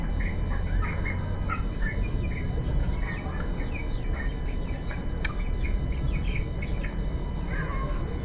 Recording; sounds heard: poultry house recording; healthy chickens